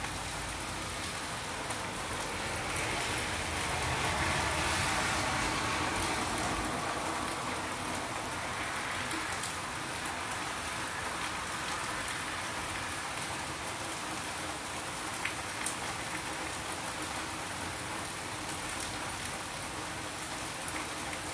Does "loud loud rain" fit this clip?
yes